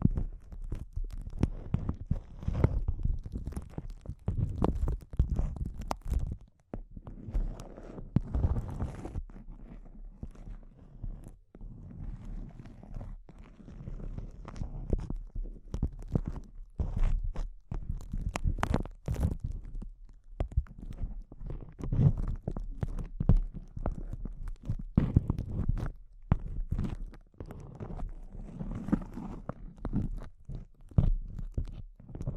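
Intense close-up crinkles run nonstop for the whole stretch, a dense mass of sharp crackling snaps that reach up into a bright hiss. Under them sits a heavy, rumbling low layer that swells and fades, with a few brief near-silent gaps around 6 and 11 seconds.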